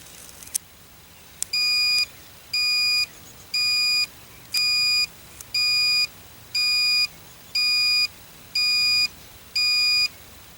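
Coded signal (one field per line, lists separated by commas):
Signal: beep code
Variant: Missile Works altimeter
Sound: nine steady high-pitched beeps, about one per second, after a couple of clicks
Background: faint background hiss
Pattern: 9 short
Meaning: Nine beeps read out a battery voltage of about nine volts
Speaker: it's going to beep out the voltage of the battery it should be somewhere above nine this is a fresh nine volt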